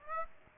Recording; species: mosquito wingbeat signal from an infrared sensor; Aedes aegypti